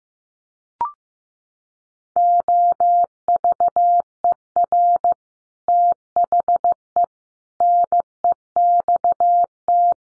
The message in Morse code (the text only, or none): OVER THE NEXT